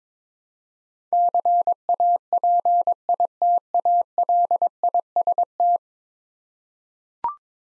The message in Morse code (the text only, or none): CAPITALIST